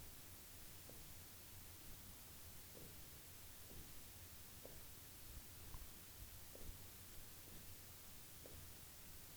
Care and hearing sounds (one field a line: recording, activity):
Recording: daily activity, guitar pickup as the sensor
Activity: jump